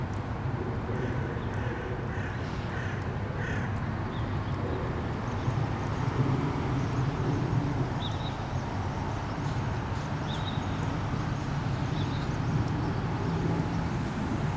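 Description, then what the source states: Crow giving a few harsh caws early on, over a loud, steady rumble of traffic, with brief high chirps from small birds. Near a canal in Molenbeek-Saint-Jean, Brussels, Belgium; urban setting with cars and city drone; recorded with Lom mikroUsi Pro microphones into a Zoom F3.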